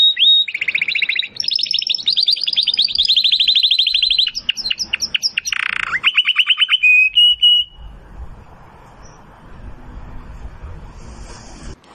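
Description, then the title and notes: Domestic canary song of rapid varied trills and rolling whistled phrases for about seven seconds, then falling silent over quiet background noise with a brief high hiss. Belgian canary singing, song style named Campainha. "Canário Belga Campainha Canary Singing. Canario Belga Cantando"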